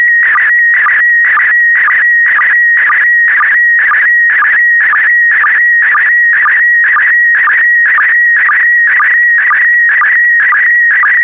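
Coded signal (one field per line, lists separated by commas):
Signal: SSTV (slow-scan television)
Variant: PD120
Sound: steady warbling tone around 1.9 kHz with short low blips about twice a second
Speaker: get ready starting transmission in 5 4 3 2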